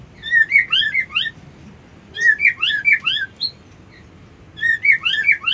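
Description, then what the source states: White-eye song in three quick phrases of tumbling, high slurred chirps, each a rapid cascade of sweet notes with short pauses between. Song style known locally as ngerol ngalas.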